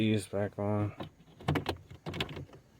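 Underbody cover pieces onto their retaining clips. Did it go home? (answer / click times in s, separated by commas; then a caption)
no / none. Underbody cover pieces on a Toyota/Scion are handled and pressed back toward their retaining clips during an oxygen sensor replacement, while someone talks. A few short, sharp handling knocks follow the speech, but nothing has seated or clicked into place yet.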